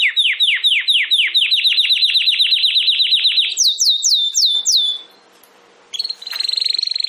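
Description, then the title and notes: Domestic canary repeating quick down-slurred whistles about four per second, then higher sweeping notes, a short pause, and a renewed fast trill. Belgian canary singing; the bird or its song is called Campainha. "Canário Belga Campainha Canary Singing. Canario Belga Cantando"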